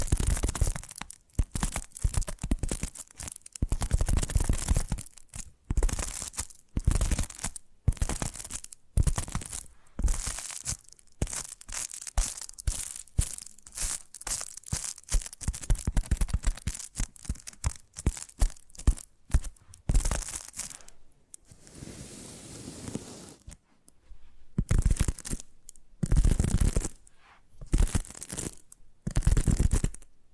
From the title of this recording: Addictive Tapping Triggers